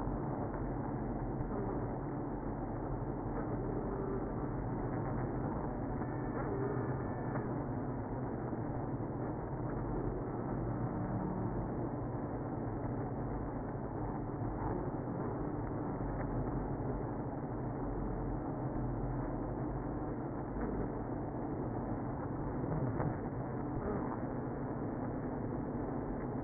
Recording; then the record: honeybee colony, microphone inside the hive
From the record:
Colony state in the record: queenless (queen removed); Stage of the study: after two queens were removed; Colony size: about 60,000 bees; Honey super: yes